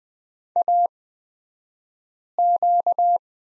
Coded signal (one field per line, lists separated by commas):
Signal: Morse code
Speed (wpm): 20 wpm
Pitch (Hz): 700 Hz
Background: none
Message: AQ